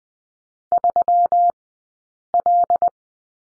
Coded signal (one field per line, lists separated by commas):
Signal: Morse code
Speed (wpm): 20 wpm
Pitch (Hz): 700 Hz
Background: none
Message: 3L